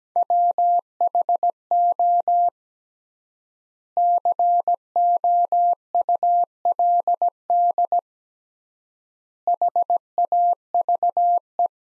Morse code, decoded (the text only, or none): WHO COULD HAVE